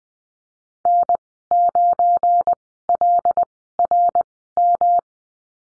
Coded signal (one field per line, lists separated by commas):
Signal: Morse code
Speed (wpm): 20 wpm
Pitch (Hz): 700 Hz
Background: none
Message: N9LRM